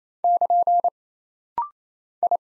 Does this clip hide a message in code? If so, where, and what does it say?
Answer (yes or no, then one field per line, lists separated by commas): yes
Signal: Morse code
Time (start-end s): 0.2-2.4 s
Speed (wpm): 28 wpm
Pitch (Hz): 700 Hz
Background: none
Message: <KN> I